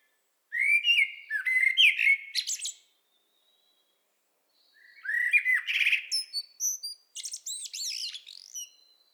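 Common blackbird song in two phrases, each of low fluting warbles ending in thin high twittering notes.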